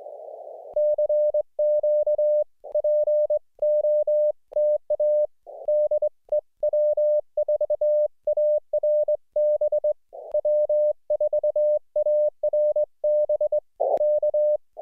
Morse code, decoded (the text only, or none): CQ POTA DE W4ARB W4ARB K